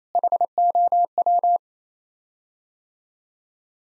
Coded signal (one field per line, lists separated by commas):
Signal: Morse code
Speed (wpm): 27 wpm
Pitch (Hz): 700 Hz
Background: none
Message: HOW